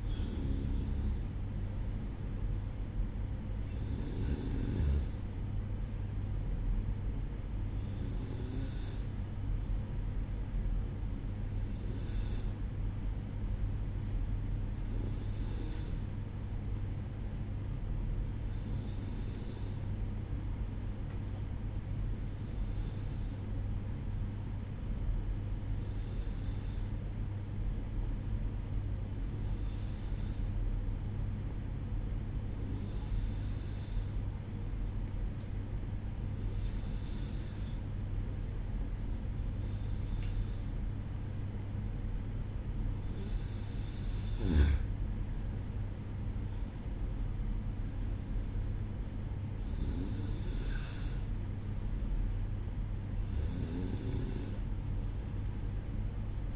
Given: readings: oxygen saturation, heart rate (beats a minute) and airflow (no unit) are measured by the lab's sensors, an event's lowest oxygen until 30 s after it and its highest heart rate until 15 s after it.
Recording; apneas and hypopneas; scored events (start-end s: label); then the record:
breathing in sleep by a smartphone at the bedside; 1
6.00-44.00 s: hypopnea (N1, oxygen 94% highest, then 92% lowest, heart rate 63 at the start, 67 highest)
10.00-40.00 s: new sleep stage, N2 (light sleep)
40.00-56.55 s: new sleep stage, N1 (lightest sleep)
From the record:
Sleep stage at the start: N1 (lightest sleep); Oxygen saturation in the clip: 92 to 95%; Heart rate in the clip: 60 to 67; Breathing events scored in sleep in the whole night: 305 in 9.6 hours asleep